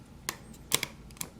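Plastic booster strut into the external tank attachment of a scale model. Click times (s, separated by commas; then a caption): 0.3 s, 1.2 s. The rear plastic strut of the solid rocket booster on a 1:144 scale plastic Space Shuttle model is pushed inboard into the external tank attachment until it locks into place, leaving it solid. Sharp, bright snaps are heard at 0.3 s and 1.2 s, with a couple of other quick ticks around 0.7–0.8 s against a quiet background. The strut is seated.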